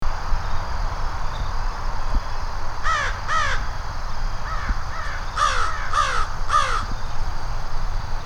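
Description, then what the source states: American crow giving short hoarse caws, a pair near three seconds then a run of three, over steady traffic rumble. Two adults calling from a tree at a lake sanctuary, with traffic in the background.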